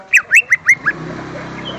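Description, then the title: Greater green leafbird song: five quick rising whistled notes in a tight series. "Kicau Burung Cucak Ijo"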